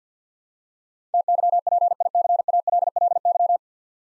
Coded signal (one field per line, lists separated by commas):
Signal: Morse code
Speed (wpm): 50 wpm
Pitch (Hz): 700 Hz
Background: none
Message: TYPICALLY